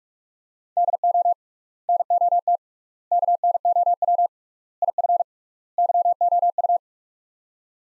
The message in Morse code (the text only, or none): DO NOT KNOW IF YOU